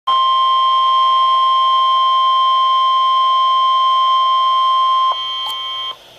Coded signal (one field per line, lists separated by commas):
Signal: Emergency Alert System (SAME) tones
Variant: 1050 Hz attention tone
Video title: Flash Flood Warning for DC & the Immediate Metro Area [EAS 430/431] | NOAA Weather Radio (7/19/2012)